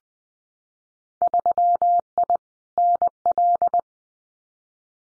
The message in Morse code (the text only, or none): 3I NL